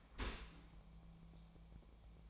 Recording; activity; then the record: daily activity, microphone in the room; open dishwasher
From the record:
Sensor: 1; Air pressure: 1000.5 hPa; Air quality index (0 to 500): 182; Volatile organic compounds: 4 ppm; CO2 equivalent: 1677 ppm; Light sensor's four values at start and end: 11/27/11/13 and 11/27/11/12